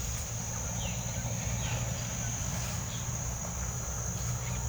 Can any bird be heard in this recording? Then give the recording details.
yes. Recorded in pastures near Puerto Asís, Putumayo, Colombia, on 9 March 2025 at 08:00. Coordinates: 0.497, -76.327. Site G072